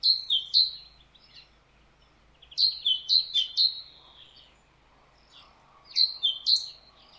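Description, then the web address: Great tit song: bright two-note phrases, high then lower, repeated three or four times in each of three bursts spaced a few seconds apart, with quiet gaps between. "SETE data Parus major"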